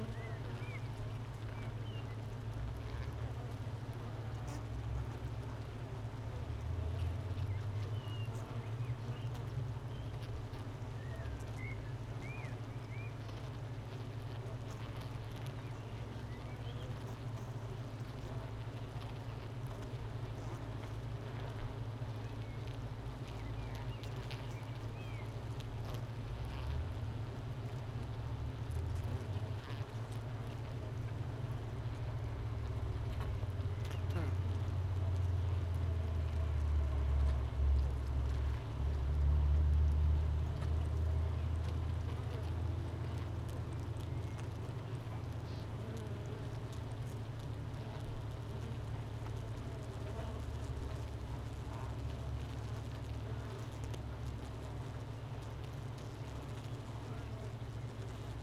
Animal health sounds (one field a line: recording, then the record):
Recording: honeybee colony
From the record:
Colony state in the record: missing queen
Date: 31 May 2018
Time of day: 9:20